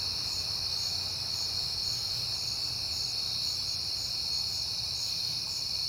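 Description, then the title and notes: Crickets chirp continuously, with one pulsed trill repeating in short bursts above a dense high chorus and a low rumble. Crickets recorded at night in September on a peaceful night. "Night Time: Crickets and Passing Cars. It is September and I have been hearing the crickets a lot"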